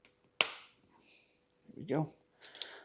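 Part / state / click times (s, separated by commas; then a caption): retaining clip on an AC hose fitting / seated / 0.4 s. A second retaining clip is pressed onto an AC hose fitting on a bagged 1966 Chevrolet C10 during a Vintage Air and Cold Case radiator installation. It seats with one sharp click at 0.4 s. Afterwards someone talks briefly.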